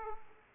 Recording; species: mosquito wingbeat signal from an infrared sensor; Aedes aegypti